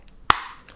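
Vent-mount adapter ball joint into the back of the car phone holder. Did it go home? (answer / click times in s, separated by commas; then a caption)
yes / 0.3 s. A plastic ball on a vent-mount adapter is pushed into the socket on the back of a car phone holder for a wireless charger. One very loud, sharp click at 0.3 s shows the ball snapping into place, followed by a brief ringing tail and a few faint ticks. The ball joint is seated.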